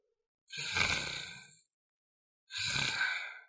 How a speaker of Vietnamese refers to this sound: Không phải chứ, thoáng cái đã ngủ rồi, còn ngáy nữa chứ.